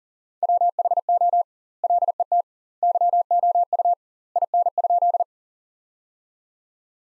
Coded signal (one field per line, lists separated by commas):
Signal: Morse code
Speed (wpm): 40 wpm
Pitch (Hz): 700 Hz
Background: none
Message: WHO LET YOU IN?